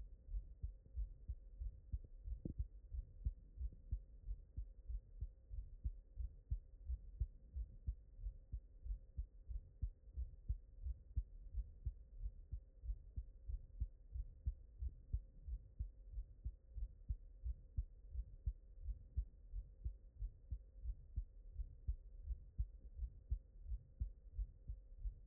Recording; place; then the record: heart sounds by stethoscope; mitral valve (MV)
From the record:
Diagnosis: non-HFrEF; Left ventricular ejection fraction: 58%